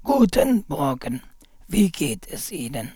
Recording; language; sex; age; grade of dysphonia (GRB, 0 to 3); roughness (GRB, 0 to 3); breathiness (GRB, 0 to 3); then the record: spoken sentence; German; male; 50 to 59 years; 3; 2; 3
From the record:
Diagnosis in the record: dysarthrophonia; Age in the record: 54 years